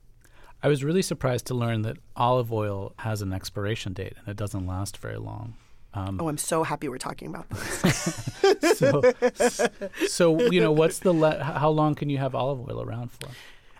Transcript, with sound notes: I was really surprised to learn that olive oil has an expiration date, and it doesn't last very long.
Oh, I'm so happy we're talking about this (laughter).
(Laughter) So you know, what's the - how long can you have olive oil around for?